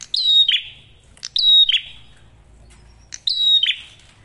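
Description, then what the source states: Prinia singing three short phrases. Each is a tick followed by a bright whistle sliding into a dry buzzy downslur, with irregular gaps. Masteran tutor audio of prenjak merah for training songbirds; singing actively with a clear voice; said to make other prinias call within five seconds.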